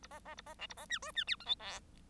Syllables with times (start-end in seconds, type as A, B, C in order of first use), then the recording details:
0.02-0.07 A, 0.10-0.20 B, 0.25-0.35 B, 0.37-0.41 A, 0.46-0.54 B, 0.58-0.67 C, 0.69-0.74 A, 0.77-0.86 B, 0.89-0.99 D, 1.02-1.12 E, 1.15-1.24 D, 1.27-1.36 F, 1.40-1.45 G, 1.45-1.55 H, 1.59-1.80 I. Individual Bird1